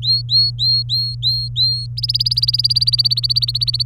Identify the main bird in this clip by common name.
Domestic Canary